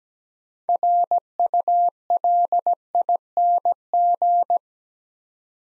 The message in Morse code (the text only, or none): RULING